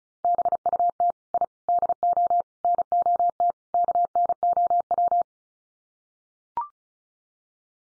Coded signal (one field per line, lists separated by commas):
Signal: Morse code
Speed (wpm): 34 wpm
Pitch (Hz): 700 Hz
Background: none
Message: BUT I DO NOT KNOW